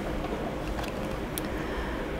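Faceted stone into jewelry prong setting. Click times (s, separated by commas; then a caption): 1.4 s. A faceted synthetic stone is pressed into a jewelry prong setting (claw mount), sometimes after the prongs are opened slightly, until it drops into the notches cut in the prongs. Over steady low background noise, a short, sharp click at 1.4 s marks the stone snapping into place, and it is seated.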